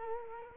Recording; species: mosquito wingbeat signal from an infrared sensor; Culex quinquefasciatus